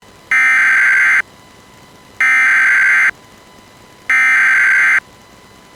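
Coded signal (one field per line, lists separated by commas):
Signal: Emergency Alert System (SAME) tones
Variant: header bursts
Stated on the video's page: Civil authority local area emergency alert for Fremont County, Wyoming.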